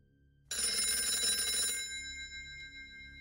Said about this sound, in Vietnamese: cũng nằm xuống giường, định bụng là ngủ thêm một xíu nữa cho tỉnh, thì có tiếng chuông điện thoại reo inh ỏi.